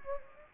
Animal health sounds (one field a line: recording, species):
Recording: mosquito wingbeat signal from an infrared sensor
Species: Anopheles gambiae